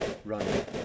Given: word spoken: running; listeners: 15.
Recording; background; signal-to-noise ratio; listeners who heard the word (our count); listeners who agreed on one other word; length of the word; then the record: one English word in noise, from a listening test; noise modulated by three-talker babble; -5.1 dB; 0 of 15; 13 of 15; 0.45 s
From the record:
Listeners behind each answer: 13, 2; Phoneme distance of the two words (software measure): 14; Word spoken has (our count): 2 syllables, 5 phonemes, stress on syllable 1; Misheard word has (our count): 1 syllable, 3 phonemes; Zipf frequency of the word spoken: 5.26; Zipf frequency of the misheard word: 5.49